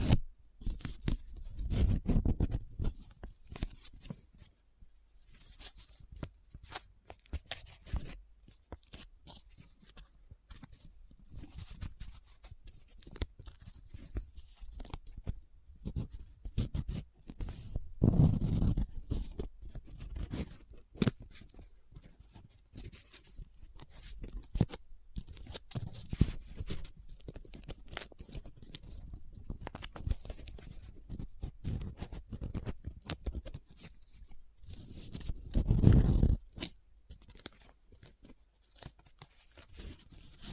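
Paper being handled: dense crinkling, rubbing and scratching with many sharp crackles throughout. Heavier, fuller bursts come around 2, 18 and 36 seconds, like folding or crumpling, while quieter stretches between carry softer scratching and rustle.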